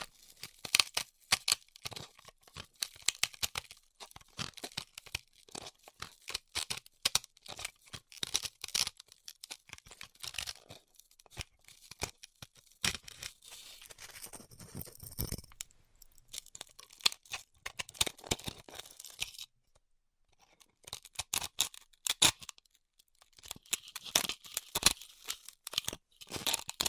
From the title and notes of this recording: ASMR Styrofoam Heat Cutting (No Talking).